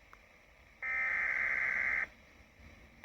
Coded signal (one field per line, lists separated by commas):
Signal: Emergency Alert System (SAME) tones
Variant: header bursts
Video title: Summers, Severe Weather... EAS Alerts EAS #13 - EAS #24 (EAS Compilation #3)